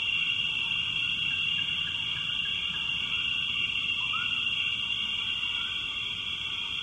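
Frog chorus as a continuous high-pitched drone, with a single short upward-sliding croak partway through.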